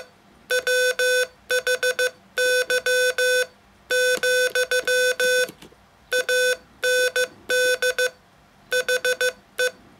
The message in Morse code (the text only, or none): WHY , AND HE